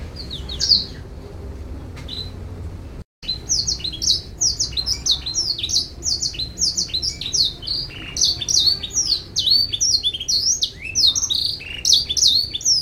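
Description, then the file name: Canary singing a rapid stream of bright, high twittering notes and down-slurred trills after a brief quieter start and a short gap. Canary singing in the style of a Canary. "kenari rasa blackthroat om kicau"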